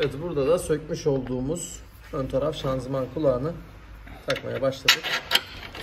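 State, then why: Not seated. Someone talks while the front transmission mount, a metal bracket with a rubber mount, is being fitted back into its bracket on the body of an Opel Astra F. A few short metallic knocks and handling noises come near the end, the sharpest at about 5.8 s. Nothing has seated yet.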